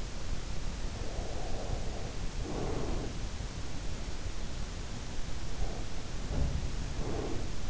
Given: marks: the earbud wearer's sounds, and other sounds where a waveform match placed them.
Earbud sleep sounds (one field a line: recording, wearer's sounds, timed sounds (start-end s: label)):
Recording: sounds in sleep by an in-ear microphone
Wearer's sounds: breath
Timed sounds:
1.07-3.33 s: breath
5.53-7.69 s: breath
6.23-6.89 s: sound from someone else or the room